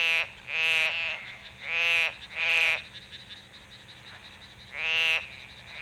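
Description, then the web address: Daruma pond frog croaking in nasal, buzzy bursts, four in quick succession, then a pause and one more, over a low background hum. Call, Okayama. "call Pelophylax Porosusbrevipodus OKAYAMA"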